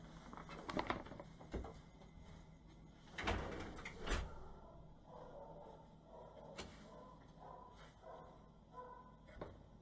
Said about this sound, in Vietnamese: Đợi một chút cho đóng cửa.